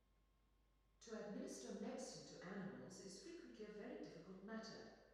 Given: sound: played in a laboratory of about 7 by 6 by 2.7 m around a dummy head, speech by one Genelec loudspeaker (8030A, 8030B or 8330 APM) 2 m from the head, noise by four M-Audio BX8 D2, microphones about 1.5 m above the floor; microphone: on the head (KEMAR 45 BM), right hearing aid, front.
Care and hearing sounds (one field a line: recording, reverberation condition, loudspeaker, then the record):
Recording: female speech in English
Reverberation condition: high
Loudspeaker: 150 degrees to the left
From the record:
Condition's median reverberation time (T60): about 1300 ms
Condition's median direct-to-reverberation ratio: about -4.0 dB